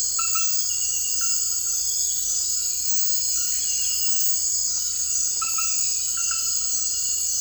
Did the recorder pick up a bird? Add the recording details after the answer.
no. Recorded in dense forest near Puerto Asís, Putumayo, Colombia, on 19 February 2024 at 01:30. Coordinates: 0.484, -76.317. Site G6464